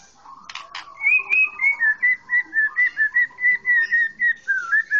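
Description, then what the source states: Oriental magpie-robin song: a few clicks, then a steady, fast series of clear whistled notes, each slightly slurred. Chirping song.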